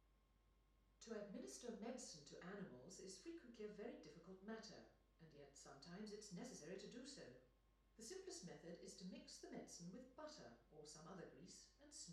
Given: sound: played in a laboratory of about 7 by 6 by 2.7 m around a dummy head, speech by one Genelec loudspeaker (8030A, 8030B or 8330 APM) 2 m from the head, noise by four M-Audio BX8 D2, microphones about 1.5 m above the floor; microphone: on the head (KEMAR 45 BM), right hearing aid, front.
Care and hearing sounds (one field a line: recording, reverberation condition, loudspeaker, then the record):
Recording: female speech in English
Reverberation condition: medium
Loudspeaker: 30 degrees to the left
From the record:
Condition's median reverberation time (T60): about 510 ms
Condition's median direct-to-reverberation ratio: about -0.5 dB